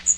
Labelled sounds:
Magnolia Warbler flight call

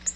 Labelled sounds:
Nashville Warbler flight call

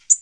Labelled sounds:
Tennessee Warbler flight call

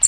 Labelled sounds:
American Redstart flight call

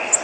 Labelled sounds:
Golden-cheeked Warbler flight call

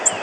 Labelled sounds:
Golden-cheeked Warbler flight call

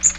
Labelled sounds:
Magnolia Warbler flight call

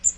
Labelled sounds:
Magnolia Warbler flight call

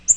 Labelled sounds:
Yellow-rumped Warbler flight call

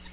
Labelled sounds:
Nashville Warbler flight call

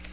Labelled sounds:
Black-throated Green Warbler flight call

